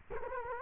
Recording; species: mosquito wingbeat signal from an infrared sensor; Culex quinquefasciatus